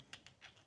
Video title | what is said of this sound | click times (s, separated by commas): Vergil's Yamato Sword DMC5 Cosplay Prop | it locks in place. | 0.1 s